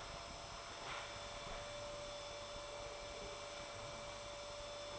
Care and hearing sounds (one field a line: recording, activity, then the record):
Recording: daily activity, microphone in the room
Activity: vacuum cleaning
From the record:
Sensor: 5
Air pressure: 1007.8 hPa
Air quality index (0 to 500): 95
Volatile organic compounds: 1 ppm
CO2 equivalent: 748 ppm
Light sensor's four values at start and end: 37/88/36/36 and 37/87/35/36